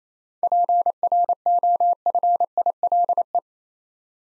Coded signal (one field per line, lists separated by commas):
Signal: Morse code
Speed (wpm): 29 wpm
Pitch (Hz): 700 Hz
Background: none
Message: PROFILE